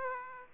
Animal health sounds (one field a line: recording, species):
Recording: mosquito wingbeat signal from an infrared sensor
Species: Aedes aegypti